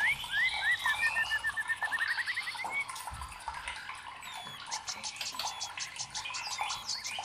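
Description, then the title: White-rumped shama song: a run of quick slurred whistles, then fainter mixed chirps and buzzy high notes over constant background hiss. Masteran training recording for caged birds of murai batu, labaik style. "MASTERAN MURAI BATU LABAIK"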